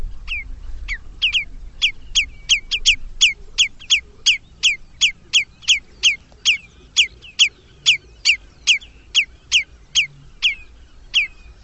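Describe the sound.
Bird calls: a long steady series of sharp down-slurred chirps, about two to three per second, over a quiet background.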